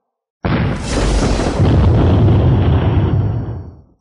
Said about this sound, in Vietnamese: Liên tiếp tiếng nổ mạnh vang lên, nguyên bản cái màn sáng ngôi sao bình tĩnh lại lần nữa rung động không thôi, tán phát ra trận trận tinh mang chói mắt.